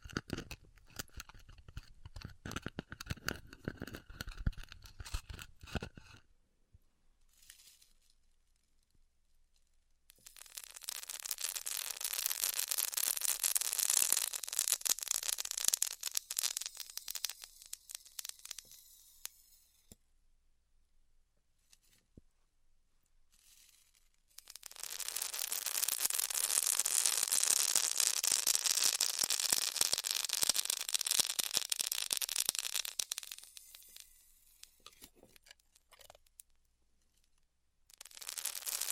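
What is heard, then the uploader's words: Styrofoam heat cutting: a crackly burst of clicks at first, then two long hissing, fizzing cuts near 10–20 and 24–34 seconds. ASMR Styrofoam Heat Cutting (No Talking).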